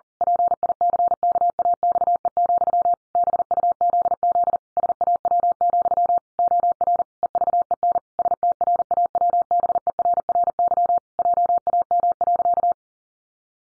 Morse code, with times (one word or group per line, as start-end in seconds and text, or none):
0.2-2.9 PICKAXE,
3.1-4.6 BUZZ
4.8-6.2 SAW,
6.4-7.0 OR
7.2-8.0 EVEN
8.2-11.0 STRAWBERRY
11.2-12.7 JAM.